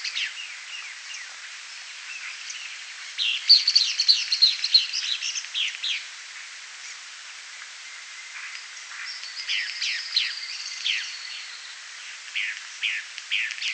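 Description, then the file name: Three-striped flycatcher song: rapid series of high, downslurred chirping notes in bursts, with scattered chirps throughout. Song, 30 July 2000, by Di Tore. "Conopiastrivirgata Di Tore 30 JUL 00 MVQZsong"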